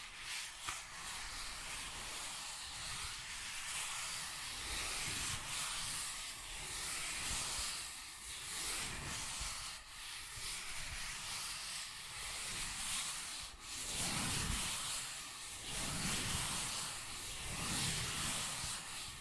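Cardboard being scratched and rubbed in a dense, steady, bright scraping texture, with brief louder bursts and low thuds near 14 to 16 seconds.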